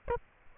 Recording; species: mosquito wingbeat signal from an infrared sensor; Aedes aegypti